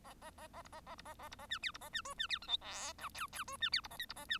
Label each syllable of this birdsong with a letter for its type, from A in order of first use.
A A A A B A A B A A B A C D B A C E C D F G H I J J E C D B A K B A C